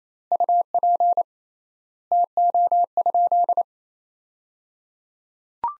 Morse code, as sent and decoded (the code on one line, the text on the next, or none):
..- .--. / - --- ..--..
UP TO?